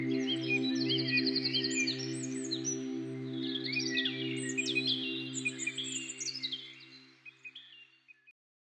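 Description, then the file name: Birds chirp, trill and whistle in a busy chorus over a low pulsing hum, the sound fading away into silence before the end. Birdsong used as an alarm tone. "halytysaani linnunlaulu"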